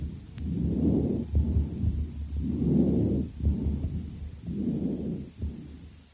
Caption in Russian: Больного, страдающего вторичными бронхоэктазами на фоне хронического бронхита в левой аксиллярной области. В данном случае выслушивается жесткое дыхание.